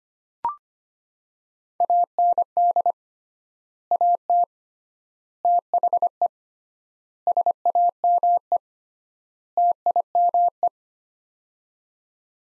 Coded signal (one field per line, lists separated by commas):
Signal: Morse code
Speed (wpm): 25 wpm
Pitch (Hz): 700 Hz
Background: none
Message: AND AT THE SAME TIME